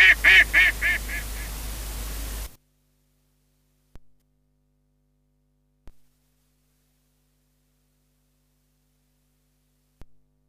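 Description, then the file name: Mallard quacking, a rapid series of several nasal, harmonic quacks, followed by silence with a few clicks. "magamo"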